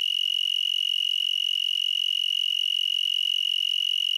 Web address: Crickets and Katydids. Broadwinged Tree Cricket, Oecanthus latipennis